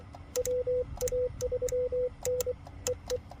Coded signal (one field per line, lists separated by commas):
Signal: Morse code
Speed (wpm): 23 wpm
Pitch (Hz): 500 Hz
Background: none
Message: WA3N EE